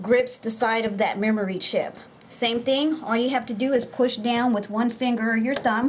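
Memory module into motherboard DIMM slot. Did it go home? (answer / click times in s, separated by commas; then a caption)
no / none. A second RAM memory module is handled over a motherboard DIMM slot in a Dell 320, about to be pushed down with one finger or a thumb until the latches grip it. Someone talks throughout, with a brief quiet pause near 2.0 seconds. Nothing has seated or clicked yet.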